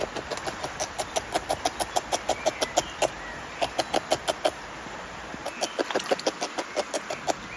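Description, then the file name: Beaver gnawing: rapid rasping bites in a steady series, pausing briefly in the middle, over a steady background hiss. "BRUITcastor ronge"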